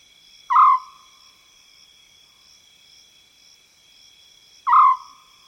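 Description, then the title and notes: African scops owl producing a single short purring note twice, about four seconds apart, with a steady chorus of insects buzzing throughout. Wild African scops owl recorded in South Luangwa savanna woodland. "African Scops Owl In The Savanna. the call of the African scops owl, recorded in the wild expanse that is the South Luangwa savanna woodland"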